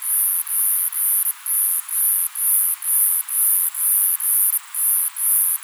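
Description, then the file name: Myopsalta majurae song of high, hissing buzzy pulses repeating steadily about twice each second, with little else audible. Recorded at Mt Ainslie. "Myopsalta majurae Mt Ainslie"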